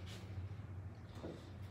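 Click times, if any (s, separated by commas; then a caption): none. A battery pack plug is handled and lined up with the plastic battery cable connector inside an Altair AA Wave RC boat before being pushed home. Faint handling rustles and a soft brief contact around 1.2 s sit over a steady low hum. Nothing has seated or clicked yet.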